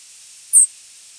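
Swamp sparrow call: one very high, thin, short note lasting a fraction of a second, against faint background hiss.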